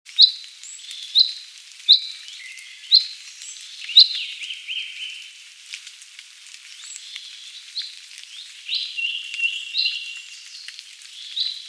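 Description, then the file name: Common chaffinch calls, bright clipped chirps repeated about once a second at first, then softer chirping over constant hiss. "Fringilla coelebs"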